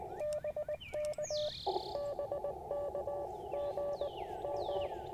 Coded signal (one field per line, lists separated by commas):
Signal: Morse code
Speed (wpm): 20 wpm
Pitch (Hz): 590 Hz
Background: music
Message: BK BK GM